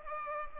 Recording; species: mosquito wingbeat signal from an infrared sensor; Culex pipiens